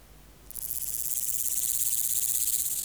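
Omocestus antigai grasshopper song: a rasping, pulsed buzz begins after half a second, slowly strengthens and continues to the end.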